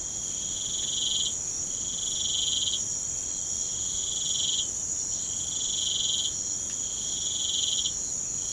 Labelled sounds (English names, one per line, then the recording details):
none
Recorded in pastures near Puerto Asís, Putumayo, Colombia, on 29 June 2025 at 04:30
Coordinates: 0.472, -76.331
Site G095